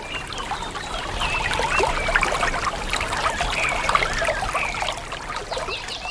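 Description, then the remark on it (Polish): A stream trickles and burbles steadily, its bright splashing texture continuous throughout, with faint bird chirps flickering above the water. “pojawią się ptaki, pojawią się strumienie”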